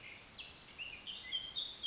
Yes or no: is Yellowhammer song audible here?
no